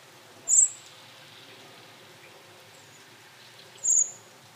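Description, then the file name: Common blackbird uttering two thin, very high, piercing calls about three seconds apart, with low steady background hiss and nothing else. "Turdus merula"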